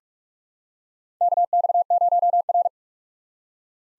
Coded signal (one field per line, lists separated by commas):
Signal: Morse code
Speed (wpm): 46 wpm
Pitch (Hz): 700 Hz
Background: none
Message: KX0R